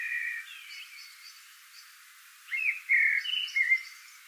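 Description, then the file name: Common blackbird song: fluty warbled phrases with thin, higher twittering notes, one phrase at the start and a louder burst after a pause. "Turdus merula"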